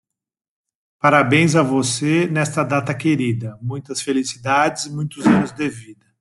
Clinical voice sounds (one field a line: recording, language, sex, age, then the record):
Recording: short text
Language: Brazilian Portuguese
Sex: male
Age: 50 to 59 years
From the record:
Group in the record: control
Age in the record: 51 years